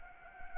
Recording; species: mosquito wingbeat signal from an infrared sensor; Anopheles gambiae